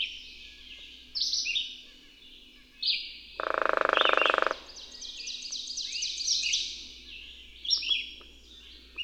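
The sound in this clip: Bird chirps, short high sliding notes in scattered bursts, with a loud pulsing frog-like croak lasting about a second midway.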